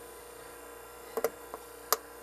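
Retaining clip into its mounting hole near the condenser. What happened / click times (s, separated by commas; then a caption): The plastic clip snapped into its hole / 1.9 s. During reassembly after a condenser replacement on a 2005 Honda Accord, a plastic retaining clip is pushed into its mounting hole near the condenser. Over a steady low hum, a few faint ticks around 1.2 and 1.5 seconds lead to a sharp, loud click at 1.9 seconds as the clip seats.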